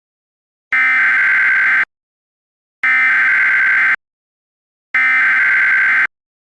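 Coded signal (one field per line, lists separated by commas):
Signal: Emergency Alert System (SAME) tones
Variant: header bursts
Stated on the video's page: Fictional EAS scenario, remastered, containing simulated SAME tones.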